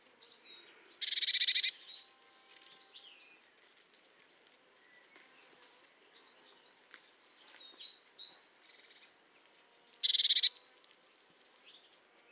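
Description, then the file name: Eurasian blue tit uttering two short buzzy churrs roughly nine seconds apart, with scattered thin high chirps and faint twitters between them. "Cyanistes caeruleus"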